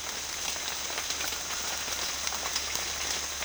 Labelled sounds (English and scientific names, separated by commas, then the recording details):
none
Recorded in secondary vegetation near Puerto Asís, Putumayo, Colombia, on 24 June 2025 at 13:00
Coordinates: 0.498, -76.327
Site GP09